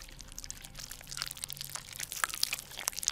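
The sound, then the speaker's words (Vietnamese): Crunchy, wet chewing as an old woman bites into and eats raw frogs one after another: a steady stream of crackling bites and squelches, growing busier and slightly louder toward the end, with no voices. “Rồi cứ thế liên tục, bà cụ túm lấy từng con ếch, cho vào mồm nhai nhóp nhép.”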